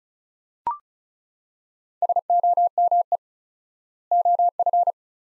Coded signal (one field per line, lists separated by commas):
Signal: Morse code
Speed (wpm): 36 wpm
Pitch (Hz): 700 Hz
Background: none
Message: SOME OF